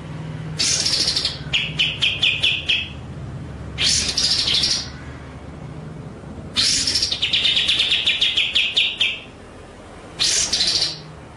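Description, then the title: White-rumped shama song alternating rasping high bursts and rapid clicking rattles in four phrases, with a faint low hum throughout. Masteran (training) track of full ngerol and nembak song. "Masteran Murai Batu Full Ngerol Nembak"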